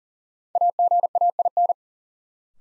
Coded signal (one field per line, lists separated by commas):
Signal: Morse code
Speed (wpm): 40 wpm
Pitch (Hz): 700 Hz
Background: none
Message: AGAIN